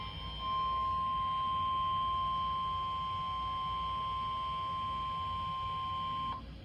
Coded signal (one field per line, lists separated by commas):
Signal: Emergency Alert System (SAME) tones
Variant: 1050 Hz attention tone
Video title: JUNE MADNESS || EAS Alerts from 6-2-22 || EAS 192-211